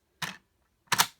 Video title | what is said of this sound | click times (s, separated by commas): Playskool Marvel Super Hero Adventures Spider-Man Arachno Racer Review | then release it and everything clicks back in | 0.9 s, 1.0 s